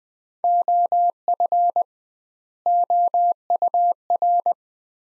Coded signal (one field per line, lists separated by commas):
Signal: Morse code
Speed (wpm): 20 wpm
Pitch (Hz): 700 Hz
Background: none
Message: OF OUR